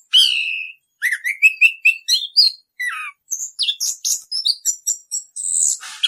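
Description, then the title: Orange-headed thrush song: a varied run of sweet whistles, slurred notes and rapid twittered phrases, mostly high-pitched, with brief pauses between bursts. Song style called ngerol, a rolling continuous delivery; used as a masteran, a training recording for caged songbirds. "Anis Kembang 9. suara anis kembang ngerol"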